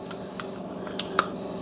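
A reground hardened-steel bolt part is worked in the receiver of a Ruger Takedown Auto .22 semi-auto rifle, giving a series of short metallic clacks. The sharpest clack comes at 1.2 seconds as the modified bolt part locks into place.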